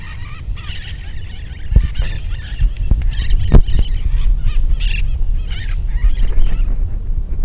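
Bird calls: busy overlapping chirps and chattering notes throughout, broken by a few sharp knocks and thuds.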